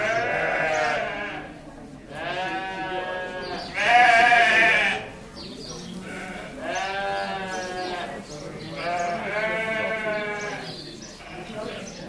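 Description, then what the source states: Sheep bleats in a steady series, several long quavering calls, one near the middle loudest, with fainter bleats between. Recorded in a lambing shed.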